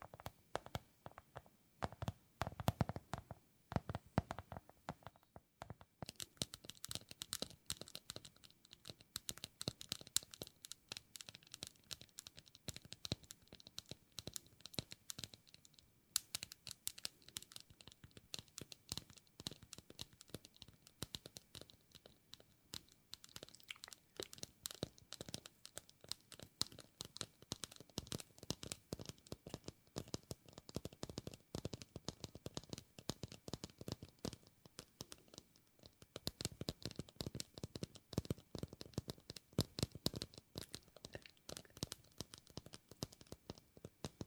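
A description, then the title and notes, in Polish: Fingernails tap rapidly and densely on a hard surface, making crisp, bright clicks in quick, uneven bursts. The tapping runs almost without pause, with brief lulls near 5, 16 and 36 seconds before it picks up again. ASMR Tapping Dźwięki uderzania paznokciami.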